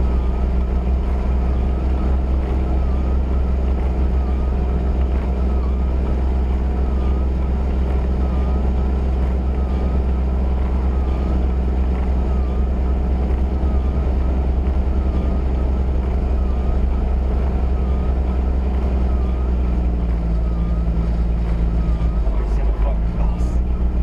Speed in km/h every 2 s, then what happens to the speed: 19, 19, 19, 21, 21, 21, 21, 21, 21, 21, 16, 16.
0-24 steady at about 21.